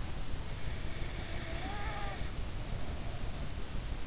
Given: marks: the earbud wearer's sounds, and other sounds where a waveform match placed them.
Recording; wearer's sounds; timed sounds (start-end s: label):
sounds in sleep by an in-ear microphone; snoring breath
0.85-3.48 s: snoring breath